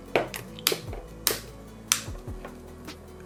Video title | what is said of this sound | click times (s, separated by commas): REDMI 10C repair tutorial / LCD Screen & Battery by CrocFIX | so you hear the clicking sounds | 0.7 s, 1.3 s, 1.9 s